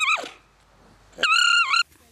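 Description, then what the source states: Alpaca distress cries: a short falling squeal, then a sustained high harmonic whine lasting about half a second. Alpaca being shorn for the first time, held down, agitated and frightened while its fleece is cut with scissors; South America.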